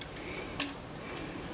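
A bobbin case, with its lever lifted so the bobbin stays in, is being handled toward the rotary hook under the needle plate of a Juki DDL-8700 industrial sewing machine. Brief handling ticks are heard, the loudest around 0.6 s and a softer one near 1.2 s, over a low steady background. Nothing has seated or clicked yet.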